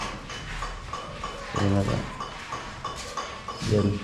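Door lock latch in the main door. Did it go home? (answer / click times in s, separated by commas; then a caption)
no / none. Someone tries to lock the latch of a newly installed main door from the inside, and a few short knocks and rattles sound between bursts of talk. The lock fails to engage, and the door is still open. Nothing has seated or clicked yet.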